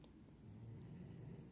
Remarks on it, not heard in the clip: How is my dog snoring so loud? He's in my bathroom laying on the tile floor.